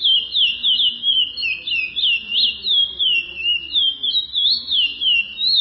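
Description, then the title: Chestnut-bellied seed finch singing a rich series of sliding whistles, rising and dropping in quick succession, roughly three phrases per second. "Canto De Curio"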